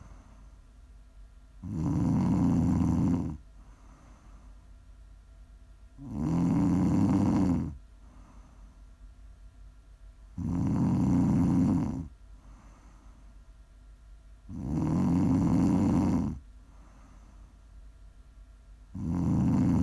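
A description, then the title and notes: Heavy snoring, each loud, rasping inhale lasting nearly two seconds and coming at a steady rhythm about every four seconds. Quiet, breathy exhales fill the gaps between snores over a low, steady background hiss. ASMR snoring.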